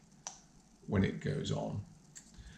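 A plastic cap is pushed onto the neck of a counterfeit perfume bottle, a light push fit that goes on and off very easily. A faint tap is heard near 0.3 s and a softer one near 2.2 s while someone talks, but these are not a latch. The cap goes on without any click, and nothing has seated or clicked yet.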